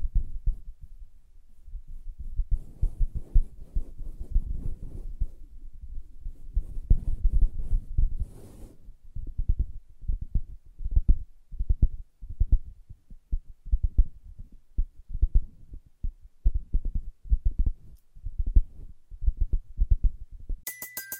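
Soft taps and scratches on a fabric surface, mostly dull and low, coming in quick irregular bursts for about eight seconds. After that the touches settle into a steadier series of soft thumps, several per second. A brief bright click lands at the very end.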